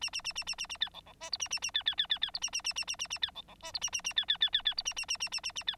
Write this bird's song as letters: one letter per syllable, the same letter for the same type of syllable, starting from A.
A A A A A A A B C C D E A A A B B B B B E A A A A A A A B C C D E A A A B B B B B E A A A A A A A B